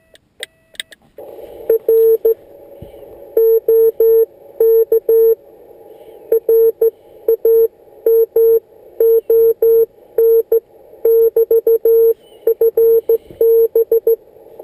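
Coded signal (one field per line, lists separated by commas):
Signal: Morse code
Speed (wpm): 15 wpm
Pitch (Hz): 460 Hz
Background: none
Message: R OK RAMON <BT> FB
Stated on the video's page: CW contact on 28.050 MHz, QRP 5 W mobile with Yaesu 817ND and MFJ 1610 antenna, sent on a homemade key built from bicycle parts.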